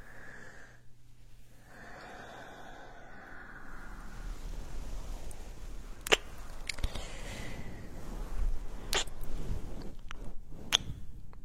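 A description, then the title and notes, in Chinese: Ear massage: soft rubbing and brushing that thickens over time, with a low hum early on and sharp clicks near 6, 9 and 11 seconds. 按摩耳朵刺激大脑。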